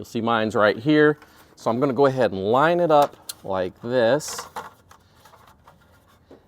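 A plastic wheel cover is held against an 18-inch alloy wheel on a Tesla Model 3 and turned so its valve hole lines up with the tire valve, before any pressure is applied. Someone talks for the first four seconds, then only light handling sounds follow, with small taps at 4.9 and 5.7 seconds. Nothing has seated or clicked yet.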